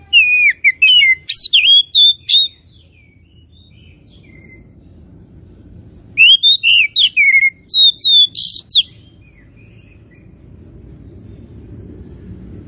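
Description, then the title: Oriental magpie-robin giving two short bursts of bright whistles and buzzy sweeps, separated by several seconds of quiet with faint low background hum. Tretes variety of oriental magpie-robin, described as in full, vigorous song. "Kacer Tretes Gacor"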